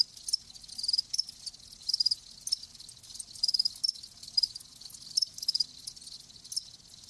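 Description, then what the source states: Cricket chorus of high, shrill chirps in short clustered bursts roughly every second, with a continuous high background hum of more insects. Live crickets chirping with a lulling song.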